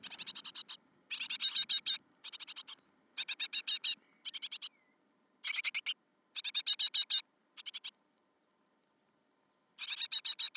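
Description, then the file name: Great tit scolding churr, rasping rattles of rapid notes in repeated bursts, about every second, with pauses. "Parus major"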